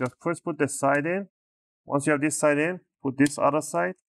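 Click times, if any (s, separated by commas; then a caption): none. A replacement keyboard is being handled and pressed into the top case of an HP EliteBook Folio 9480M laptop, side edge first, so its retaining tabs can clip in. Someone talks in three short bursts over otherwise quiet background. The clip ends before the keyboard goes home, and nothing has seated or clicked yet.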